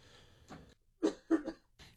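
After a brief quiet pause, an adult man gives a short run of sharp, abrupt coughs: two strong bursts close together, then a weaker third. It is a dry-sounding cough in a small, quiet room.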